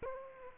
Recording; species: mosquito wingbeat signal from an infrared sensor; Aedes aegypti